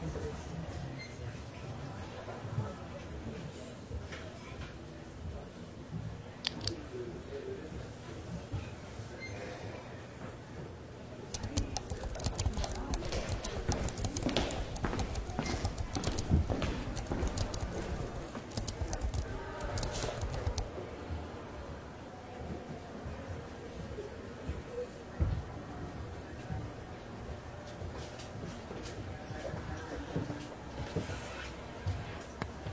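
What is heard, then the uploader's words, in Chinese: Library ambience with a steady low murmur and faint voices underneath, dotted with small ticks and rustles of writing and pages. From about 11 to 21 seconds a denser, louder run of quick clicking and rustling takes over, then occasional taps continue to the end. 公共图书馆沉浸式学习 图书馆环境音 打字声 写字翻书。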